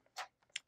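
The plastic body of a Honeywell SiXCOMBO combination smoke, heat and CO detector is pressed against its mounting back plate and twisted counterclockwise to unlock it. A soft broadband rustle around 0.2 s is followed by a single sharp tick at 0.6 s, and the twist-lock releases the detector from the back plate.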